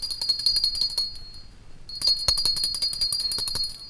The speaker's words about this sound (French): Ils n'entendent point et ma sonnette ne fait pas assez de bruit.